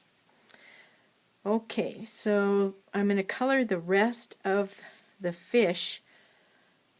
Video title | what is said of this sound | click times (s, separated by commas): Hey, Valentine | until i hear it snap shut now i know this alcohol marker is closed | 0.5 s